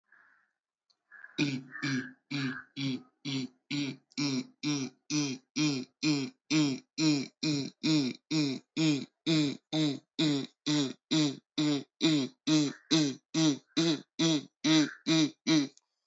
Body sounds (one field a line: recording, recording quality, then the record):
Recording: sustained vowel as in beet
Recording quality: moderate, slight background noise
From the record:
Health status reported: exposed to COVID-19, no respiratory illness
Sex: male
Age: 30 years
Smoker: yes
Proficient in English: yes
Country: India